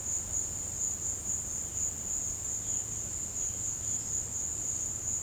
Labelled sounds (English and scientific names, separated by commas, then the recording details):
none
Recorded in pastures near Puerto Asís, Putumayo, Colombia, on 22 June 2025 at 16:00
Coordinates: 0.496, -76.326
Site GP01